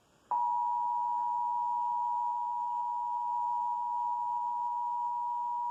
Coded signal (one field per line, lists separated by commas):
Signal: Emergency Alert System (SAME) tones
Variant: 853 and 960 Hz attention tone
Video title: EAS #329: Required Monthly Test - Indiana (5/21/2020) (Comcast)